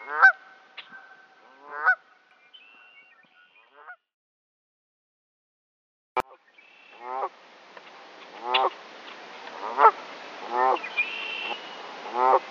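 Canada goose honks, a few calls, then a brief silence and a click, followed by a hissy stretch with several more honks.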